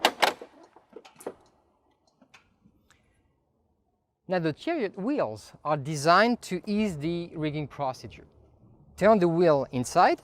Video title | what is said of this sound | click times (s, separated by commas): L-Acoustics' New K3 Line Array | and all angles will lock into place | 0.0 s, 0.2 s